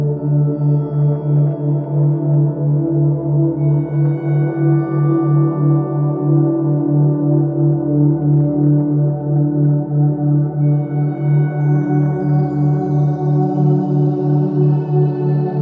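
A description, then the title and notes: Binaural beats: a steady low hum around a single deep pitch, pulsing rapidly and evenly with a fast wobble throughout. Softer ringing overtones sit above it like a sustained singing bowl, with faint shimmering high tones drifting in near the end. 144 to 147 Hz. Binaurel beats.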